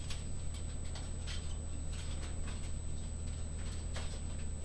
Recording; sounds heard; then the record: poultry house recording; no chicken sound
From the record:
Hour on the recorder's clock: 21